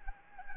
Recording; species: mosquito wingbeat signal from an infrared sensor; Anopheles gambiae